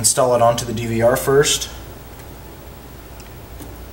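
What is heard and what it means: A blue SATA data cable connector is handled at the SATA port on a DVR mainboard while someone talks for the first second and a half, followed by quiet with only faint, light ticks. Nothing has seated or clicked yet; the connector is not yet home.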